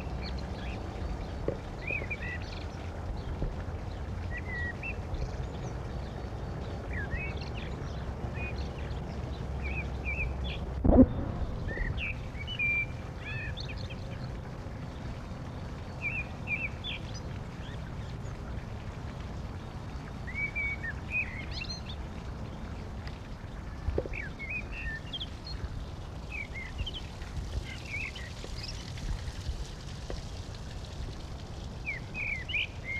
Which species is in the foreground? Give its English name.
Common Blackbird